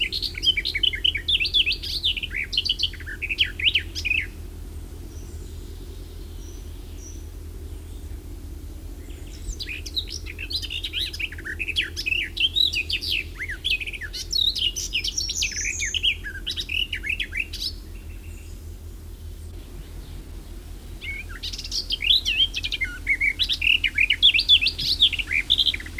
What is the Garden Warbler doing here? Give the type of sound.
song